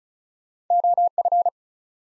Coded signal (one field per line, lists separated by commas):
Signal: Morse code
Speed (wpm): 36 wpm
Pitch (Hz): 700 Hz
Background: none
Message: OF